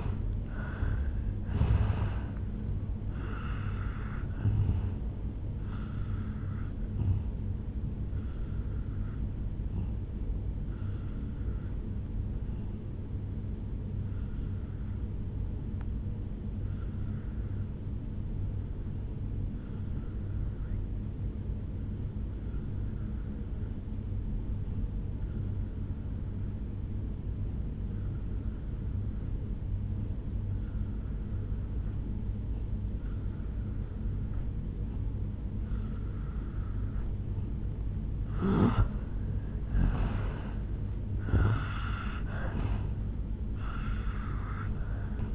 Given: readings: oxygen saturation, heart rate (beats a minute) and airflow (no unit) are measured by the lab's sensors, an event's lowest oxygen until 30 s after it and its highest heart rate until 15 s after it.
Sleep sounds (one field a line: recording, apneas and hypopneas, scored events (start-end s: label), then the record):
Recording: breathing in sleep by a smartphone at the bedside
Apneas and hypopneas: 1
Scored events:
9.00-37.70 s: hypopnea (N1, oxygen 96% highest, then 85% lowest, heart rate 72 at the start, 74 highest)
From the record:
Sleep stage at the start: N1 (lightest sleep)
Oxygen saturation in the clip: 85 to 96%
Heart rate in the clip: 60 to 76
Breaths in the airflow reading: 6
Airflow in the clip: -8.4 to 5.4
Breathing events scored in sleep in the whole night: 449 in 7.0 hours asleep